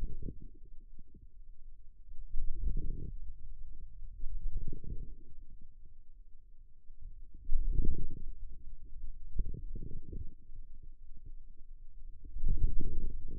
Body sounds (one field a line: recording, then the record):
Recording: forearm muscle sounds (acoustic myography)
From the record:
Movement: wrist flexion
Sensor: system 2, bracelet of six BSWA MPA416 microphones around the upper forearm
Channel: 6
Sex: male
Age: 22 years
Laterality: right